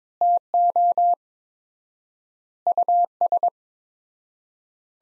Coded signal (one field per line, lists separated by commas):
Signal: Morse code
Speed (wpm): 21 wpm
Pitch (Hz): 700 Hz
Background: none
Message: TO US